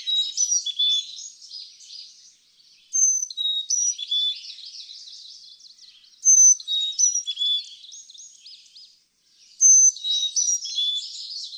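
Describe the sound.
Carolina chickadee whistling a sweet high-low, high-low phrase, repeated several times with short gaps, while dense chirping and twittering fill the background.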